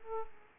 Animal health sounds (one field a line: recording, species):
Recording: mosquito wingbeat signal from an infrared sensor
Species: Aedes aegypti